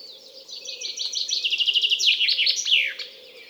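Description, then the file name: Common chaffinch song: a run of bright, repeated notes that drops in pitch, ending in a quick flourish, over a low steady hum. "Fringilla coelebs"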